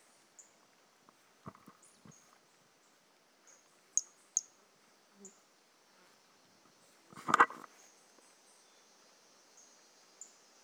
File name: Brachycephalus mirissimus 18 jan 2018 individual 01 ex 02 A E Confetti not collected